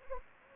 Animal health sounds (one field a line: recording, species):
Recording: mosquito wingbeat signal from an infrared sensor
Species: Anopheles gambiae